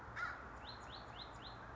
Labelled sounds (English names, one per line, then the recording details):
American Crow
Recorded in Sonoma County, California